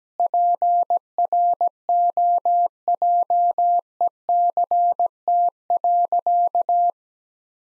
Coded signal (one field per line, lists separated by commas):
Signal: Morse code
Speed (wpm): 17 wpm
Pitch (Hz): 700 Hz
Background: none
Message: PROJECT.